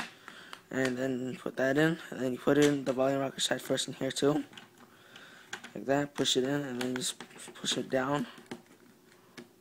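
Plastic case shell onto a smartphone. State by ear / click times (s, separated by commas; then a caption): not seated / none. Someone talks while fitting the hard plastic half of a two-piece SwitchEasy Capsule Rebel hybrid case over an iPhone and its TPU inner part, volume rocker side first, then pushing it down. Brief taps and handling sounds come between the talking. The clip ends just before the shell snaps into place, so nothing has seated or clicked yet.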